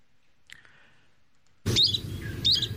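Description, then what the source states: Yellow-browed Warbler calls: two thin, upslurred whistled notes about 0.7 seconds apart over a low rumbling background, after a brief faint chirp. Call is a reliable feature for separating it from Hume's warbler; Yellow-browed call sounds much the same every time.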